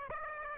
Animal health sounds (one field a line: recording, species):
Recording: mosquito wingbeat signal from an infrared sensor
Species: Aedes aegypti